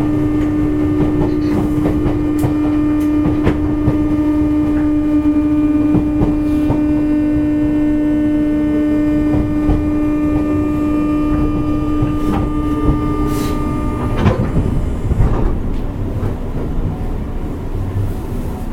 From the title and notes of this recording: JR西日本 201系 大和路線 久宝寺からJR難波まで. JR西日本２０１系電車の走行音です。 大和路線の普通電車で録音しました。 It is the running sound of JR West 201 train. I recorded on the Yamatoji line's local train. The section is from Kyuhoji to JR Nammba.